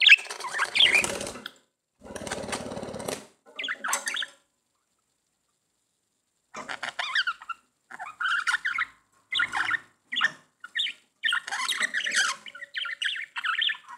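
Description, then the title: Budgerigar chatter of short chirpy notes in quick bursts, after a few rough, buzzy noisy bursts at the start and a silent pause. "Budgie Sounds"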